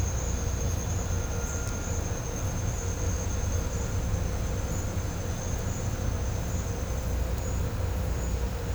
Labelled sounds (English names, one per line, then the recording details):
none
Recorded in pastures near Puerto Asís, Putumayo, Colombia, on 18 December 2024 at 10:30
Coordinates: 0.502, -76.324
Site G077